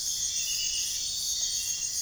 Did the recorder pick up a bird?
no